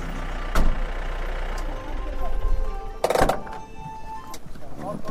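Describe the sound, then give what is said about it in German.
A building contractor's car engine rumbles low and steady as the vehicle pulls off at a new road construction site in the Himalayas, with two sharp thuds like a door shutting and faint voices mixed in. “Der Bauunternehmer weist uns noch den Weg und fährt davon.”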